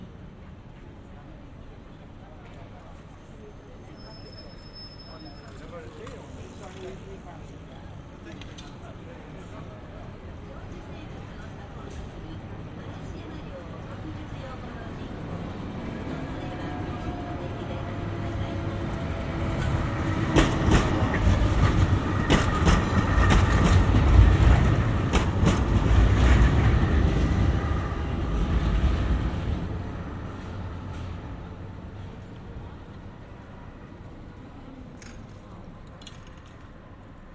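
A tram soundscape: low rumble swells from about 15 seconds, peaks around 20 to 28 seconds as a tram passes with clattering and squealing wheels, then fades. Faint voices and street noise sit underneath, with a brief high tone near 5 seconds.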